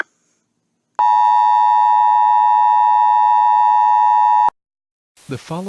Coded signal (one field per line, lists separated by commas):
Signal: Emergency Alert System (SAME) tones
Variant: 853 and 960 Hz attention tone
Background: speech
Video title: EAS Kingston Shootings EAS scenario #11